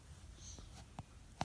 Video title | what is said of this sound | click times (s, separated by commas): THE FLAME OF HOPE - episode gift ideas | and I'm pressing up with my forefinger and down with my thumb THS to snap it into | 1.4 s